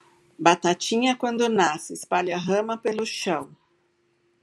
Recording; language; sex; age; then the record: short text; Brazilian Portuguese; female; 50 to 59 years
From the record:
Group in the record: control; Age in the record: 53 years